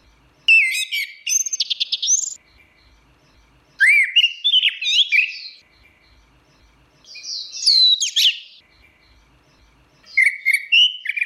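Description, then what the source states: Orange-headed thrush song in long, varied bursts of whistled and buzzy notes with rapid trills, broken by quiet gaps. Song style called ngeplong; recording used as master audio for training captive birds.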